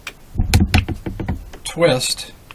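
A stripper clip, with rounds stacked to its front, is placed into the bottom of a magazine and twisted by hand. A series of sharp handling clicks and taps is heard, loudest around 0.5 and 0.7 s, and someone talks near the end. Nothing has snapped or seated yet.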